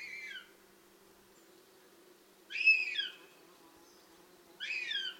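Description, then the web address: Northern Goshawk young giving begging calls: three harsh, descending squeals about two seconds apart, with a low steady background hum. Begging calls of nestlings in the nest, Tiveden National Park, 8 July 2011, 07:21. "vogelstimmen patrik berg duvhok-tigglate-boungar-tivedens-np-2011-07-08-kl 07 21"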